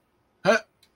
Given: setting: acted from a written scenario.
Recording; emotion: vocal sound without words; negative surprise